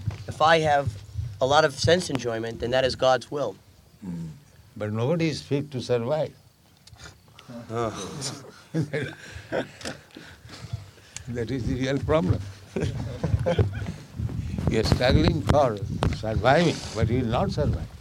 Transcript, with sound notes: If I have a lot of sense enjoyment, then that is God's will.
But nobody is fit to survive. [laughs] That is the real problem. You are struggling for surviving, but you'll not survive.